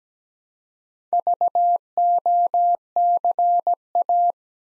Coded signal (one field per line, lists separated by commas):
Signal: Morse code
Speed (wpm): 17 wpm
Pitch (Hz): 700 Hz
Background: none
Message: VOCA